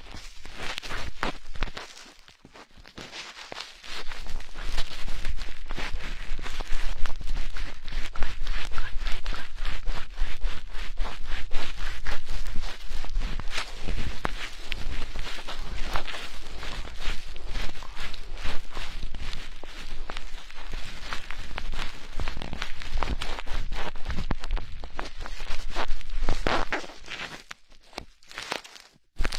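Rubber-gloved hands rub and crinkle in a dense, rapid, crackling stream, starting after a quiet opening and falling silent near the end.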